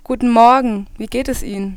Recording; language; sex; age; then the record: spoken sentence; German; female; 18 to 19 years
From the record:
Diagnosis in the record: healthy voice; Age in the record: 19 years